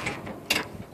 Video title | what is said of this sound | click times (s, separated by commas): New Model 43 Blade for the John Deere 210 | then just locks in place it's pretty simple | 0.5 s